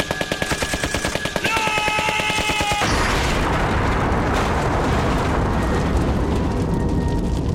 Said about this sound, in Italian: L'esplosione investì anche lei, ma senza ucciderla.